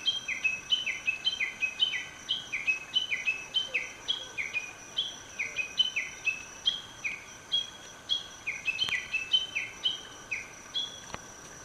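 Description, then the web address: Japanese bush warbler giving a rapid run of high, sharply descending notes repeated in quick succession, accompanied by a steady high background hiss. "keitozan. uguisu"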